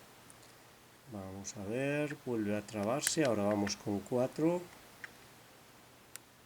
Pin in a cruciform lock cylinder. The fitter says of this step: hecho un clic el primero inferior, se traba, ahí